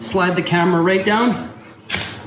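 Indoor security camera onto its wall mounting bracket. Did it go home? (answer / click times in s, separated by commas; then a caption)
yes / 1.9 s. Someone talks while a TELUS V523 indoor security camera is slid down from the top onto its screwed-on wall mounting bracket. A single sharp click at 1.9 s follows as the camera seats into place on the bracket.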